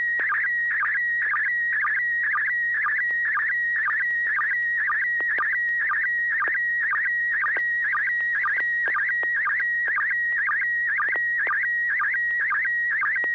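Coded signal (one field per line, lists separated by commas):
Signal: SSTV (slow-scan television)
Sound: steady high whistle broken twice a second by warbling tones and low sync blips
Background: low hum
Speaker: joel were you able to copy this photo from neil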